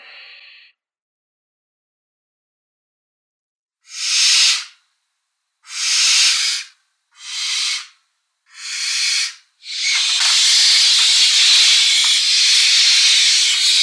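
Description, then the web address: Barn owl nestlings producing a brief hiss, then after a pause short, steamy hissing bursts that come in quick succession, then merge into one sustained, loud, rushing hiss. Downy young. "Schulze Peter Barn Owl downy Young"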